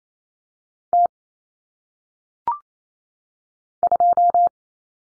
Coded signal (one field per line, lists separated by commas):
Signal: Morse code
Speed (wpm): 28 wpm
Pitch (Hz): 700 Hz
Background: none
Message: T 2